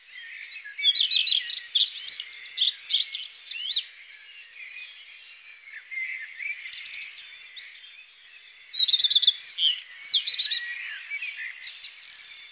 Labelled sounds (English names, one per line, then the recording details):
Common Redstart song
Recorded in the wild
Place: Freiburg im Breisgau / Lehen, Baden-Württemberg, DE
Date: 2001-05-30
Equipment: MiniDisc Sharp MT 20 H
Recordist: Schwarz, Dieter